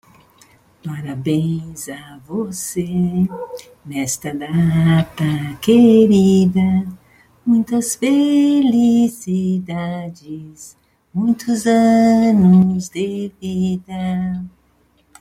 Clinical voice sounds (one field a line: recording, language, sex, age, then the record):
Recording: short text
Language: Brazilian Portuguese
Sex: female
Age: 60 to 69 years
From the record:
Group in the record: control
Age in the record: 63 years